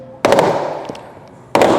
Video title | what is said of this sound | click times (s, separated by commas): How to fit a CT Carbon Exterior kit to a BMW M3 (G81) Touring 2023 | as you can hear it popping off all the way along | 0.2 s, 1.6 s